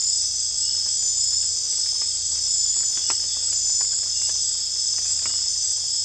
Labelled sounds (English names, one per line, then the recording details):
none
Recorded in secondary vegetation near Puerto Asís, Putumayo, Colombia, on 22 December 2024 at 21:00
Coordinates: 0.484, -76.319
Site GP06